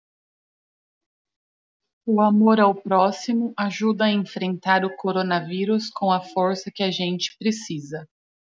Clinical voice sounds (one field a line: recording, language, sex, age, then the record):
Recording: spoken sentence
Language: Brazilian Portuguese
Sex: female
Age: 30 to 39 years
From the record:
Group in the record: control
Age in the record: 38 years